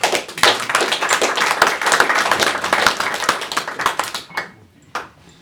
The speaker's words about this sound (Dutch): Geef hem een applaus.